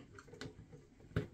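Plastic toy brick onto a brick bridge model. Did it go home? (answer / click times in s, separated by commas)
no / none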